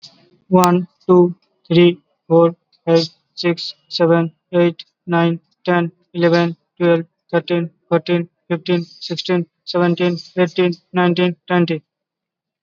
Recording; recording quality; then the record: counting at a normal pace; excellent, no background noise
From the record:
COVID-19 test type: RT-PCR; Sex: male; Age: 19 years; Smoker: no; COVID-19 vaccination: both doses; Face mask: worn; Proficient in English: yes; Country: India